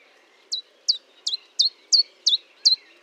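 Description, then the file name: Marsh warbler song phrase of seven sharp down-slurred chips, evenly spaced about three per second, against a quiet background. Recorded at Fontaine-Française (Fourneau), France, on 1 June 2022 at 10:55, using a Nagra recorder with a Telinga. "Rousserolle verderolle 1055 Fontaine-Francaise-Fourneau"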